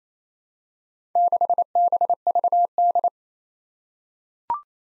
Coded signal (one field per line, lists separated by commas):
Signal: Morse code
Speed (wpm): 27 wpm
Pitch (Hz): 700 Hz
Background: none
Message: 6BVD